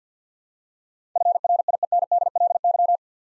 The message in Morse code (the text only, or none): FRIENDLY